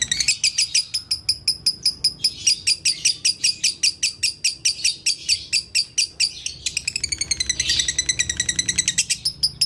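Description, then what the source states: Lovebird song of rapid, shrill chattering chirps, continuous, shifting into a more tangled twittering near the end. Konslet song style, used as a masteran training recording.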